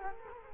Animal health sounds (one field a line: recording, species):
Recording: mosquito wingbeat signal from an infrared sensor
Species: Culex quinquefasciatus